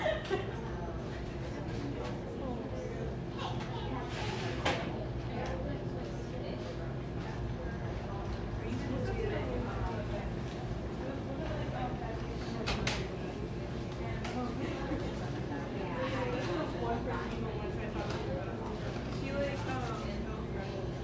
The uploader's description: a buzzing coffee shop